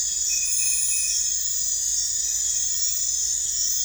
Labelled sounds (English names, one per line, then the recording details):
none
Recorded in dense forest near Puerto Asís, Putumayo, Colombia, on 21 December 2024 at 00:00
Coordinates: 0.468, -76.322
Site G071